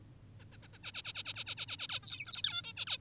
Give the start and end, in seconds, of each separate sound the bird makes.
0.40-0.45, 0.52-0.58, 0.63-0.68, 0.73-0.78, 0.83-0.92, 0.94-1.02, 1.05-1.13, 1.15-1.23, 1.25-1.34, 1.36-1.44, 1.46-1.55, 1.57-1.66, 1.68-1.77, 1.79-1.88, 1.89-2.00, 2.03-2.42, 2.44-2.62, 2.64-2.73, 2.77-2.86, 2.87-2.98